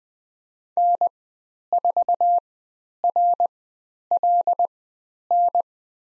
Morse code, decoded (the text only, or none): N4RLN